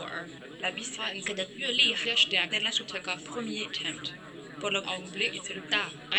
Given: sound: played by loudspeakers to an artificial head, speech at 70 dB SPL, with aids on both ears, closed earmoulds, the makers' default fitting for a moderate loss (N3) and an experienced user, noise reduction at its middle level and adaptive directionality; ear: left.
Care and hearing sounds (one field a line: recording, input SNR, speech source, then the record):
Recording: speech test signal (ISTS) in cocktail-party noise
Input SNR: +3 dB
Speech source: in front (0 degrees)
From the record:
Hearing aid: class 1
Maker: C